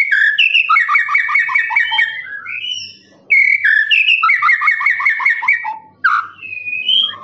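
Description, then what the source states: Lovebird trilling song, rapid runs of repeated short chirps, each run lasting a few seconds and broken by brief squawks and pauses. Long trilling "ngekek" song used for training birds.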